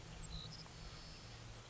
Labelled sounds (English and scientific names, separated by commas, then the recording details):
Savannah Sparrow (Passerculus sandwichensis)
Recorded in Sonoma County, California